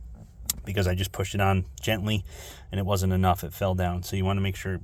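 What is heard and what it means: A plastic quick-connect fuel transfer tube line is pushed onto the fuel pump hat fitting of an S197 budget return fuel system and clicks home at 0.5 s, a sharp short snap. It is seated firmly because an earlier gentle push let it fall off. Someone talks throughout.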